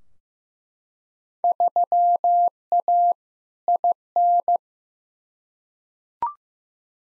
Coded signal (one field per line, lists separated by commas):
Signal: Morse code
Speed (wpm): 15 wpm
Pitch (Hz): 700 Hz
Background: none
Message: 3A IN